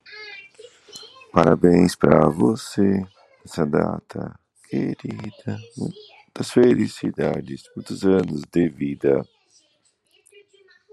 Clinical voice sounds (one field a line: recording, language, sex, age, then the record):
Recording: short text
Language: Brazilian Portuguese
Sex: male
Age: 40 to 49 years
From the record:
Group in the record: control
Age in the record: 41 years